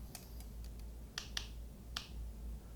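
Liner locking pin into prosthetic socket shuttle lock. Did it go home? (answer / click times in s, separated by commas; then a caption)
yes / 1.2 s, 1.4 s, 2.0 s. With 10-ply of socks over the liner, a patient slowly loads weight into a prosthetic socket, and the liner's locking pin ratchets into the shuttle lock. Sharp, bright clicks sound at 1.2, 1.4 and 2.0 seconds, with fainter ticks earlier. It's only one or two clicks each time weight goes on, an acceptable fit with the pin seated.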